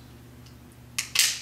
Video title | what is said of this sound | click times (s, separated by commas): Godfather Airsoft- Contour GPS Tactical Camcorder Part 1 | so that you weave this in the secondary part snaps into place | 1.0 s